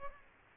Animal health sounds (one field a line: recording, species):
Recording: mosquito wingbeat signal from an infrared sensor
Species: Aedes aegypti